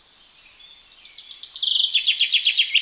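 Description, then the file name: Common chaffinch song: a thin opening trill building into a loud, rhythmic run of repeated falling notes that continues to the end. "Fringilla coelebs"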